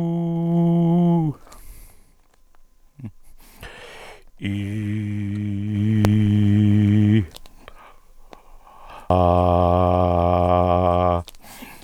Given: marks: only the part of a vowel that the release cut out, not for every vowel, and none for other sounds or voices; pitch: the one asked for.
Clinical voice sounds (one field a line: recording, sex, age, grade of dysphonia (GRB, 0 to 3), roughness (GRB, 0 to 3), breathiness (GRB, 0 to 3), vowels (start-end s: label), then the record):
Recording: sustained vowels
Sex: male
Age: 60 to 69 years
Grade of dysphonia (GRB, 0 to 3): 2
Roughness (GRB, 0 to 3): 2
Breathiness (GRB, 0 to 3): 0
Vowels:
0.49-1.25 s: vowel /u/, high pitch
6.05-7.15 s: vowel /i/, low pitch
9.13-11.10 s: vowel /a/, low pitch
From the record:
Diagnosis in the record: dysphonia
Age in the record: 69 years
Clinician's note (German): Vokalische Dysfunktion mit Seufzer; spasmodische Komponente?